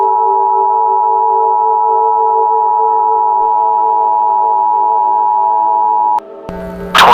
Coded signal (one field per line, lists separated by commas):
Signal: Emergency Alert System (SAME) tones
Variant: 853 and 960 Hz attention tone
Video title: EAS TORNADO SCENARIO/MOCK:2017 OGDEN TORNADO